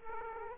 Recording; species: mosquito wingbeat signal from an infrared sensor; Aedes aegypti